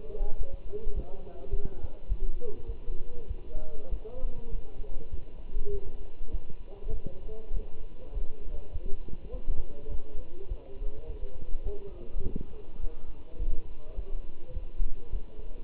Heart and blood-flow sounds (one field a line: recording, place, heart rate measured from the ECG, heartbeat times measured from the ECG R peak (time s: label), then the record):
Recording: heart sounds by stethoscope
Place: between the tricuspid and mitral areas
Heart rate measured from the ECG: 102 bpm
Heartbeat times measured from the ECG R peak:
0.39 s: heartbeat
0.95 s: heartbeat
1.52 s: heartbeat
2.09 s: heartbeat
2.67 s: heartbeat
3.28 s: heartbeat
3.91 s: heartbeat
4.51 s: heartbeat
5.11 s: heartbeat
5.73 s: heartbeat
6.32 s: heartbeat
6.91 s: heartbeat
7.54 s: heartbeat
8.13 s: heartbeat
8.73 s: heartbeat
9.33 s: heartbeat
9.91 s: heartbeat
10.49 s: heartbeat
11.08 s: heartbeat
11.65 s: heartbeat
12.23 s: heartbeat
12.81 s: heartbeat
13.39 s: heartbeat
13.96 s: heartbeat
14.54 s: heartbeat
15.12 s: heartbeat
From the record:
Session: walking at 3.7 km/h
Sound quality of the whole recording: good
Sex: male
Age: 24 years